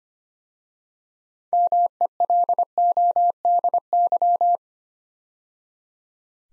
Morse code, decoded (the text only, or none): MELODY